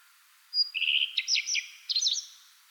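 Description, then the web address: Redstart giving one short song phrase: a thin high whistle, a hurried run of lower notes, then a few sharp, scratchy high notes. "animal-sound redstart-sound"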